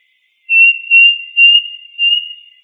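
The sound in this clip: Bird giving a thin, steady high whistle that swells in four pulses over about two seconds, otherwise quiet.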